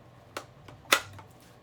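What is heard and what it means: A tight magazine that needed force to go in is pulled out of the magazine well of a Century AP53 (HK53) rifle with a hard tug. A small click at 0.4 s and a faint tick near 0.7 s come before a loud, sharp snap at 0.9 s as the magazine releases, followed by a faint tick around 1.2 s.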